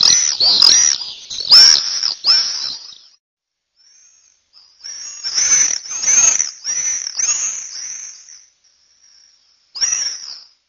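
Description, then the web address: Common swift screaming in shrill buzzy bursts, several screeches at first, a silent gap, then another run and a final lone scream. Recorded in Esthal in 2004. "esthal 2004 mauersegler"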